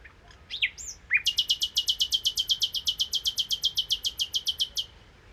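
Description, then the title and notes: Common nightingale song: a few rising whistled notes, then a rapid-fire series of many sharp repeated notes, steady and loud for nearly four seconds. Recorded 1 May 2019 in the Crau, Bouches-du-Rhône, France, on a Nagra Seven with cardioid MKH8040 and omnidirectional MKH8020 microphones, comparing the two pickup patterns. "Crau - Bouches du Rhône. Rossignol philomèle"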